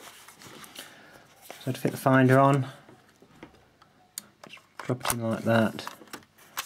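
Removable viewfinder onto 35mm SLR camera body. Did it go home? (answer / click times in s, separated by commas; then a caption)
yes / 6.6 s. A removable metal prism viewfinder is dropped onto a Nikon F 35mm SLR film camera body while someone talks. Small handling taps and clicks are heard, and at 6.6 s the finder snaps home with a sharp click, seated in place.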